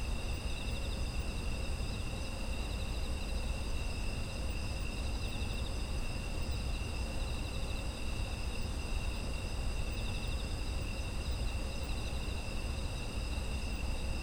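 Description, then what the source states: Steady insect chorus, several high sustained trills layered at different pitches and never stopping, backed by a constant deep rumbling noise. Autumn insects, environmental ambience.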